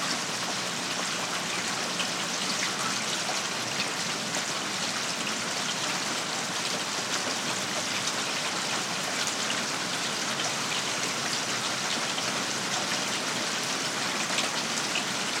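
Heavy rain pours down outside a home, a dense, unbroken hiss of countless drops that stays steady and even for the whole stretch. Water rushes through gutters and downspouts beneath it, and the level never rises or falls.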